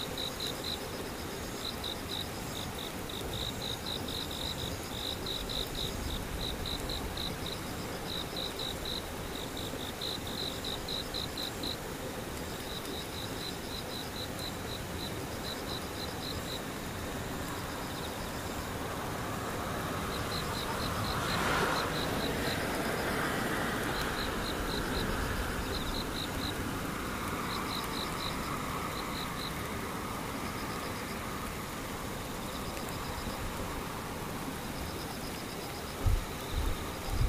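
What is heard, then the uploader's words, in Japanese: Insects and cicadas keep up a steady, high pulsing trill over a soft rain-like hiss, while a vehicle swells past around twenty seconds. 雨ムシセミ無音。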